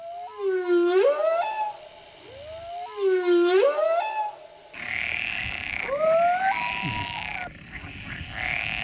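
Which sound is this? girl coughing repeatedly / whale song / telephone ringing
whale song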